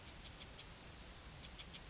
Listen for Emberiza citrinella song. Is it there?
yes